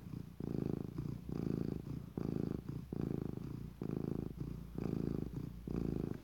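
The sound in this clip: Cat purring, a steady low rumbling that swells with each breath, long inhaled and exhaled phases alternating roughly once a second.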